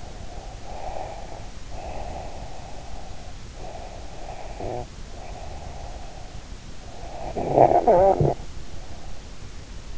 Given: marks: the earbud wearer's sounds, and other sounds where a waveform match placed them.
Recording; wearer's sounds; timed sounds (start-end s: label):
sounds in sleep by an in-ear microphone; breath, snoring breath
0.00-3.38 s: breath
3.60-6.59 s: snoring breath
6.85-9.55 s: snoring breath